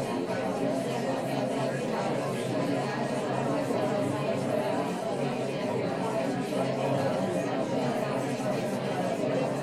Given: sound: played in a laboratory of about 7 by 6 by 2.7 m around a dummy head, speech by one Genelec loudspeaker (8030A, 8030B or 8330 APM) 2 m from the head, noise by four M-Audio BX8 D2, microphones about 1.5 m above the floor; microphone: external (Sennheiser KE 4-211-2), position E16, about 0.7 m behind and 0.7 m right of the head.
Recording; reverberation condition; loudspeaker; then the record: babble noise; low; four, about 170 cm from the corners of the room and facing them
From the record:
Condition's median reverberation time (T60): about 310 ms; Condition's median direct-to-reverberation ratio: about 3.5 dB